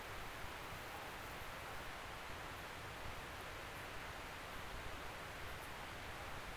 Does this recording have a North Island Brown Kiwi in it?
no